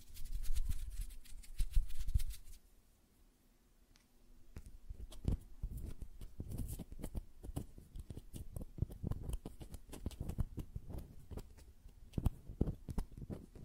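Hand sounds open with a dense rustle of finger fluttering, pause briefly, then give way to quick, irregular tapping on nails that continues throughout.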